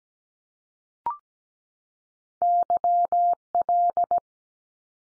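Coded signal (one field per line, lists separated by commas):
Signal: Morse code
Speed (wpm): 17 wpm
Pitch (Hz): 700 Hz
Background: none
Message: YL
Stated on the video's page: Morse code abbreviation head-copy drill at 17 wpm, each sent in Morse, spoken, then sent again.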